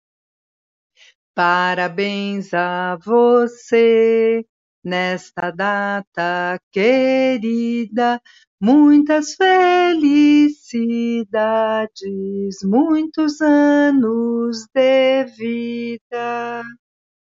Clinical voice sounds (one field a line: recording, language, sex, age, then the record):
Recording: short text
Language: Brazilian Portuguese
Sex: female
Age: 60 to 69 years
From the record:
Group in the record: control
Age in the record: 61 years